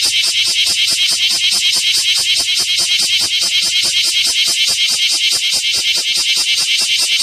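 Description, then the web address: Bear cicada producing a pulsing, grating buzz in regular rapid throbs, loud and sustained. "insect kumazemi"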